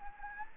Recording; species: mosquito wingbeat signal from an infrared sensor; Anopheles gambiae